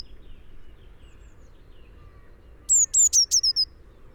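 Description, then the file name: Eurasian blue tit calling, a quick run of five or six high, thin notes, each sliding downward, after a quiet stretch with soft low background rumble. "Cyanistes caeruleus"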